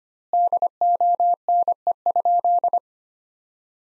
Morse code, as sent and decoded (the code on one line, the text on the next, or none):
-.. --- -. . ..--..
DONE?